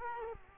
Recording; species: mosquito wingbeat signal from an infrared sensor; Culex quinquefasciatus